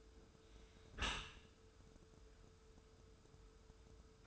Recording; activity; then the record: daily activity, microphone in the room; close dishwasher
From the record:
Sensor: 2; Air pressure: 1014.8 hPa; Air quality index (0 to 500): 26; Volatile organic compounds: 1 ppm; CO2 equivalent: 508 ppm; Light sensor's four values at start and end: 10/22/9/9 and 10/22/9/9